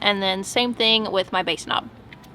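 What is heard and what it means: A bass knob's plastic wiring connector is handled at the subwoofer harness plug during a powered subwoofer install in a 2024 Toyota Tacoma TRD 4x4 Off Road Solar Octane. Someone talks through most of the clip, then a faint sharp tick follows in quiet background noise. Nothing has seated or clicked yet.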